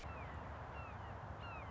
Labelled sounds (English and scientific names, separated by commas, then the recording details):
Red-shouldered Hawk (Buteo lineatus)
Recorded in Sonoma County, California